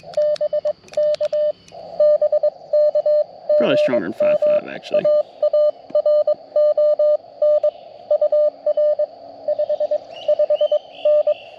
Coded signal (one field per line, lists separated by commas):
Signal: Morse code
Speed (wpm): 20 wpm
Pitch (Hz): 600 Hz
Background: speech, radio noise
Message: BK BK GM AARON UR 55N